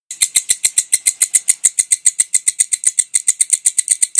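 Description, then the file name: Bush cricket calling with high, rasping pulses in a rapid, steady series. "suara walang kecek"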